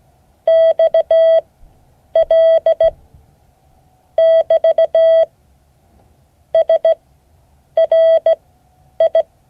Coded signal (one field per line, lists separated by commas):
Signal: Morse code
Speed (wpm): 16 wpm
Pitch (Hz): 650 Hz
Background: none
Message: XL <BT> SRI